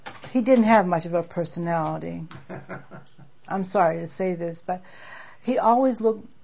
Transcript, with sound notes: he didn't have much of a personality. (laughs off-mike) I'm sorry to say this but he always looked